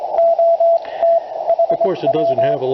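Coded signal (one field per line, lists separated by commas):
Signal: Morse code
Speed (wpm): 22 wpm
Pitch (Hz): 670 Hz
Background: speech, radio noise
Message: OT HW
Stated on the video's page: Morse from a 40 meter QCX kit transceiver on AA batteries into an end-fed half-wave wire in half-square geometry.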